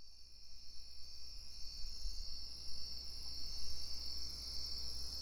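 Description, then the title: Crickets giving a continuous high buzzing trill chorus over a quiet low hum. Crickets in plum trees at Tinun, Tenabo, Campeche, Mexico; recorded with a TASCAM DR-100 mkII recorder and RODE NTG-2 shotgun microphone with Deadcat windshield. "Tinun, Tenabo, Camp., México - Grillos en Ciruelos"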